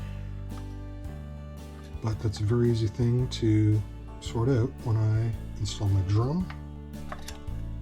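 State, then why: Seated. The drum in a power saw's drive mechanism is reinstalled and pushed home while music plays underneath and someone talks. Two short, sharp hits at 7.1 s and 7.3 s mark the drum popping into place, fully seated.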